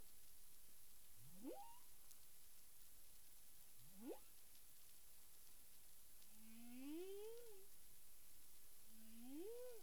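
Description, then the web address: Humpback whale calls: two fast low upsweeps about three seconds apart, then two longer rising moans with harmonics, under constant background hiss. Recorded 9 April 2002 at 18:48:53 UTC. "humpback whale 20020409 184853 UTC"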